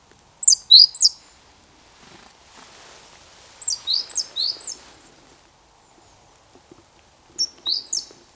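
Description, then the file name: Great tit calling in clusters of high, thin, downslurred notes, three groups spread throughout, with soft background rustle between them. "Parus major"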